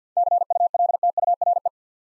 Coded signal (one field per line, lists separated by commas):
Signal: Morse code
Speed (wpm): 49 wpm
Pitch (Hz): 700 Hz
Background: none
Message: CULTURE